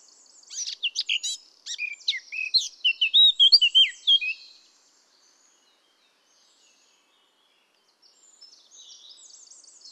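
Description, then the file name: Eurasian blackcap singing a rapid, varied phrase of scratchy notes ending in clear fluted whistles, then a long silence and a faint, quiet warble near the end. "Sylvia atricapilla"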